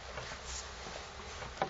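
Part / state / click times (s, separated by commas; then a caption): radiator onto wall-mounted console bracket / not seated / none. A radiator without mounting lugs is being handled onto wall-mounted console brackets, to be slid into the holder and pushed up so it latches in. There is low, steady handling noise with a brief sharp knock at about 1.6 s. Nothing has seated or clicked yet.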